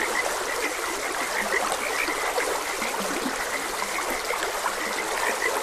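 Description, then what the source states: Frogs croaking in short, bright chirps repeated irregularly over a steady rush of stream water. Frogs croaking beside a gentle stream.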